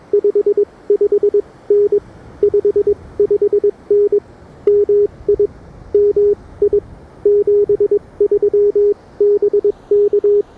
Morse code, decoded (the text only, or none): 55N 55N MI MI 73 BK